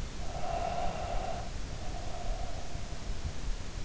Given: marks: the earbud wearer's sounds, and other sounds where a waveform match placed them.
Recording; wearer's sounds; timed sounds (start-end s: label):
sounds in sleep by an in-ear microphone; breath
0.07-3.30 s: breath